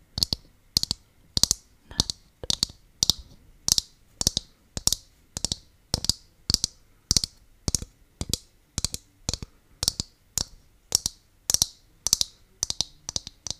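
Sharp, hollow taps on a coconut repeat in a steady rhythm, about two per second, each a crisp bright click.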